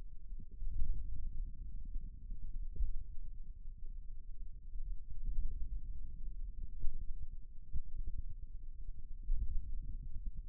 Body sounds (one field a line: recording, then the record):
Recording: forearm muscle sounds (acoustic myography)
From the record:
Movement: hand opening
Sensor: system 2, bracelet of six BSWA MPA416 microphones around the upper forearm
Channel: 3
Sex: male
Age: 22 years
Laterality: right